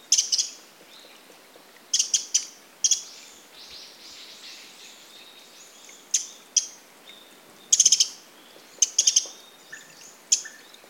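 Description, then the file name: Eurasian wren giving loud, sharp bursts of high rattling notes, some paired in quick succession, separated by short pauses and faint softer chatter. "Troglodytes troglodytes"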